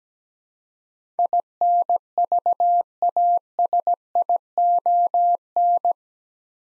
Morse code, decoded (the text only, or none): INVASION